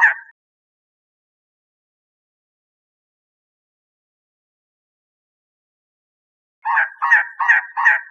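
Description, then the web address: Elegant trogon: a single hoarse note opens, a long quiet gap follows, then four more croaking notes come in quick, regular succession. Recorded 27 April 2003. "birdvocals CR ELTR 042703"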